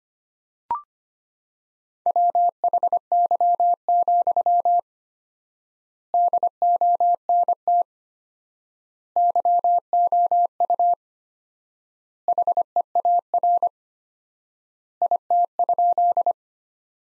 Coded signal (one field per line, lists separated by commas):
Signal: Morse code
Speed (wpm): 25 wpm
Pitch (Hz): 700 Hz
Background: none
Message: WHY, DONT YOU HEAR IT?